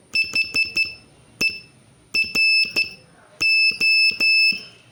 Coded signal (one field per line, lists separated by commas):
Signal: Morse code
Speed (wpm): 13 wpm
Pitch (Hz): 2650 Hz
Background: none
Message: HERO